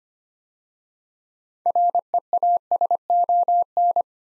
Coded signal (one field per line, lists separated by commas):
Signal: Morse code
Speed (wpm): 25 wpm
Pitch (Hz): 700 Hz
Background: none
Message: REASON